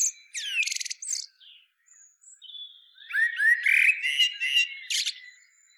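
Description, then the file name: Common blackbird song: a sliding whistle with fast squeaky trill, soft thin notes, then a full fluty phrase ending in high twitters. "Turdus merula"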